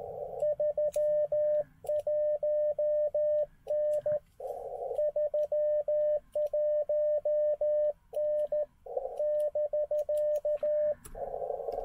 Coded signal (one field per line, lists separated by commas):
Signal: Morse code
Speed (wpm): 13 wpm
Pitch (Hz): 600 Hz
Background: radio noise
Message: 31N 31N <BK>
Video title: POTA 13WPM CW QRS practise at Okotoks Erratic